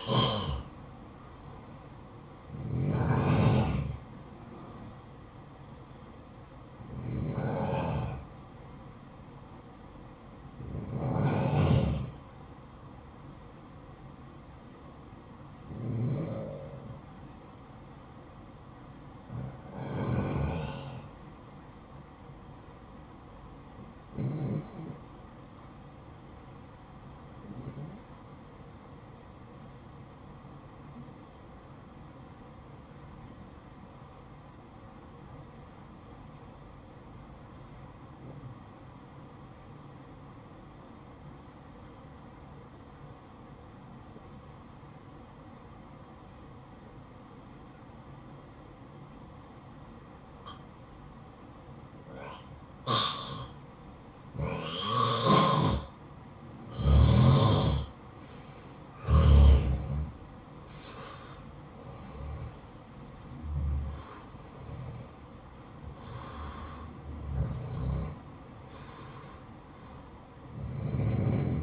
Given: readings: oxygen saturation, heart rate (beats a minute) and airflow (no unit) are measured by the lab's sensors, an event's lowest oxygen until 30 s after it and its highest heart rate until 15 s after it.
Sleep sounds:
breathing in sleep by a smartphone at the bedside; 1
32.00-58.70 s: obstructive apnea (N1, oxygen 95% highest, then 89% lowest, heart rate 56 at the start, 71 highest)
From the record:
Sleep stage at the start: N1 (lightest sleep); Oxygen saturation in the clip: 89 to 95%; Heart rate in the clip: 54 to 71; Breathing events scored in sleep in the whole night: 573 in 9.8 hours asleep

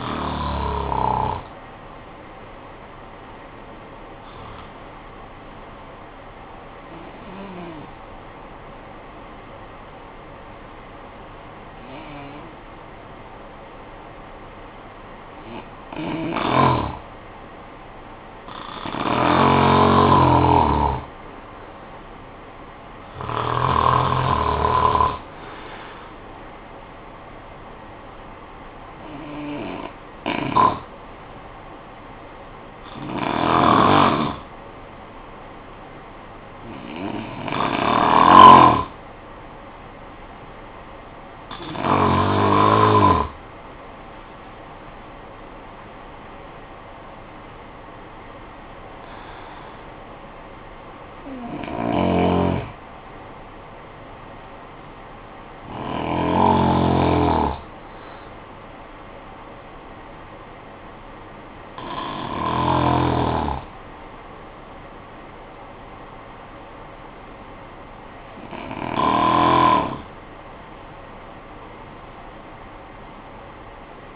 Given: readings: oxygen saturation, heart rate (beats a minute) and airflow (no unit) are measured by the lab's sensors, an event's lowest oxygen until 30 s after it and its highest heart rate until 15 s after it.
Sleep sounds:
breathing in sleep by a voice recorder at the bedside; 2
5.00-18.40 s: hypopnea (N1, oxygen 96% highest, then 90% lowest, heart rate 55 at the start, 62 highest)
29.00-45.50 s: hypopnea (N1, oxygen 95% highest, then 94% lowest, heart rate 61 at the start, 70 highest)
From the record:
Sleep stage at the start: N1 (lightest sleep); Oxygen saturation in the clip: 89 to 96%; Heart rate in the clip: 50 to 70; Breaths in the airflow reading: 16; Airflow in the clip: -15.9 to 12.5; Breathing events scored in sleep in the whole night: 445 in 7.6 hours asleep

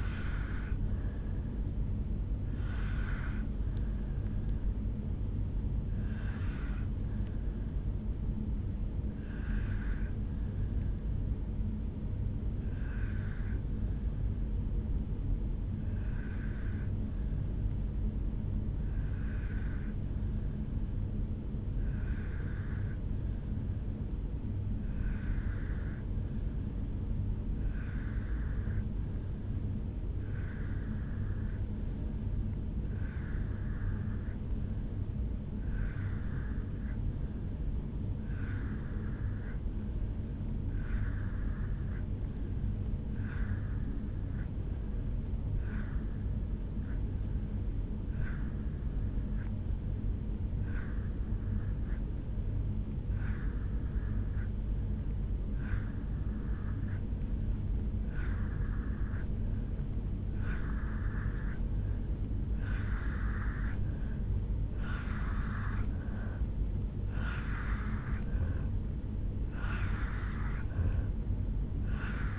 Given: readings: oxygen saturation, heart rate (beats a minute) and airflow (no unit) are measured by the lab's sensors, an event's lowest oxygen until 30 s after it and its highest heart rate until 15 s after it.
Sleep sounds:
breathing in sleep by a smartphone at the bedside; 1
8.00-65.80 s: hypopnea (N2, oxygen 96% highest, then 83% lowest, heart rate 57 at the start, 76 highest)
68.00-72.39 s: new sleep stage, N3 (deep sleep)
From the record:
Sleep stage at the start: N2 (light sleep); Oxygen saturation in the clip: 84 to 96%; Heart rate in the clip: 55 to 76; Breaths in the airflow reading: 20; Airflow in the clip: -2.8 to 3.7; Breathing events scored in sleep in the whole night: 449 in 7.0 hours asleep

